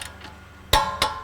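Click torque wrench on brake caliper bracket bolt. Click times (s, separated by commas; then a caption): 0.7 s, 1.0 s. A click-type torque wrench set to 74 ft-lb tightens a brake caliper bracket bolt on a Dodge Journey during a brake pad and rotor job. Two sharp metallic clicks with a brief ringing tail are heard at 0.7 s and 1.0 s. The bolt is torqued to spec.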